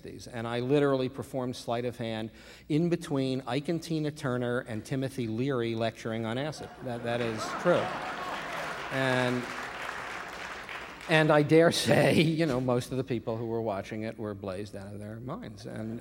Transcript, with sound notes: And I literally performed sleight of hand in between Ike and Tina Turner and Timothy Leary lecturing on acid. That is true.
(APPLAUSE)
And I dare say, you know, most of the people who were watching it were blazed out of their minds.